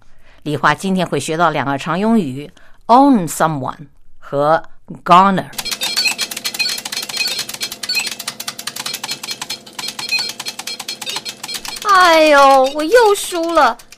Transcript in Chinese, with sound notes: 李华今天会学到两个常用语：own someone 和 goner。 [Sound of video games] 哎，我又输了。